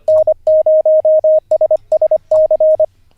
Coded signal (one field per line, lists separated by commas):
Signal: Morse code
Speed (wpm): 24 wpm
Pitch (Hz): 620 Hz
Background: radio noise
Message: N0SSC